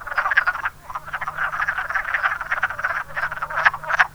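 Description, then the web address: Wood frog chorus, bursts of raspy clucking croaks with short gaps near one and three seconds, low hum underneath. "zoology woodfrog"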